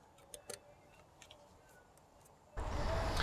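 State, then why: Seated. During 100,000-mile maintenance on a Promaster City, a wiring harness electrical connector in the engine bay is pushed back onto an engine component while the plugs are serviced. The connector snaps in with a sharp click at 0.3 s, and fainter ticks follow around 0.5 s and 1.2–1.3 s. A steady broadband rush starts at about 2.6 s and lasts to the end; the connector is seated.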